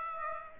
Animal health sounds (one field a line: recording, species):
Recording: mosquito wingbeat signal from an infrared sensor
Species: Aedes aegypti